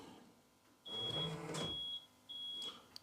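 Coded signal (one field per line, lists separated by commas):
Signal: beep code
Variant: Rolls-Royce alarm system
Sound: three evenly spaced high-pitched beeps, with a mechanical clunk and whir in between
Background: car mechanism noise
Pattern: 3 beeps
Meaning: Three beeps mean full alarm armed with ultrasonics working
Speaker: One, two, three. That's telling us that we've got full alarm now. So the ultrasonics are working as well.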